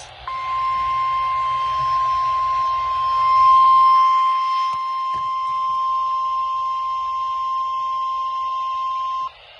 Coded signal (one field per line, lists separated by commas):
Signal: Emergency Alert System (SAME) tones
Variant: 1050 Hz attention tone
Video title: OH GREAT ONLY ONE FOR SVR... EAS Alerts from 7/12/25 (EAS#4,279 - #4,294)